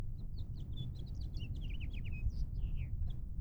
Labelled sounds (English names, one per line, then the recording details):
House Finch song
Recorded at Oceanside on Long Island, New York, on 17 June 1975
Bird E